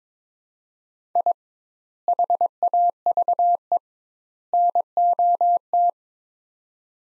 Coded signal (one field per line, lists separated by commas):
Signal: Morse code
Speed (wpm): 21 wpm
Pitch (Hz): 700 Hz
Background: none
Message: I HAVE NOT